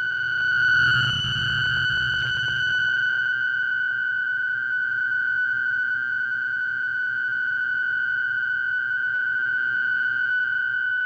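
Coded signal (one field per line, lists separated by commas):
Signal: fast PSK data mode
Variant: PSKR mode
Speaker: now until the end of today's program i will be using the pskr modes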